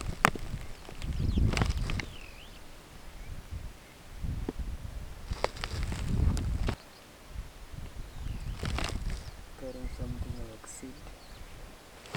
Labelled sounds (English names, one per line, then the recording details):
Superb Starling flight call
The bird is a female
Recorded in Kenya on 5 July 2010
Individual 85, of group SRB1